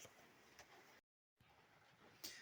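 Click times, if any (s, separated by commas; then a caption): 2.2 s. On a 2012 KTM50 top end rebuild, the second steel wrist pin snap ring (circlip) is installed into the groove in the piston pin boss. A soft tick at 0.6 s and a brief silent gap come before a sharp, bright snap at 2.2 s, when the circlip seats fully in the groove.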